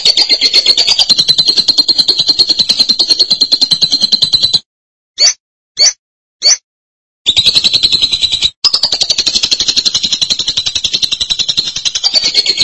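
Lovebird pouring out a rapid, shrill chattering trill, broken midway by three short clipped bursts and silences, then resuming as a long buzzy run.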